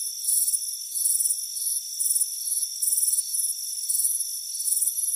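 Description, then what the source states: Crickets producing high, trilled chirps in uneven groups, a steady whining tone running throughout. Crickets chirping on a warm afternoon by a front porch.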